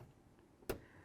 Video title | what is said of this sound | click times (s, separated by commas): How to Replace Door Handle 2009-2020 Dodge Journey | listen for that click give it a tug to make sure it's secure you don't want this to fall off when you're driving down the road | 0.7 s